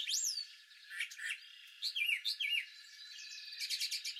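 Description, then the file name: Brown thrasher: songbird phrases of slurred whistles and sharp chirps, ending with a rapid series of short notes. Recorded 17 April 2019. "BRTH-song 4-17-19"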